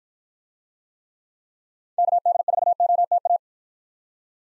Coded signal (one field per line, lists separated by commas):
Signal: Morse code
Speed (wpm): 53 wpm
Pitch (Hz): 700 Hz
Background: none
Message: KD4OTA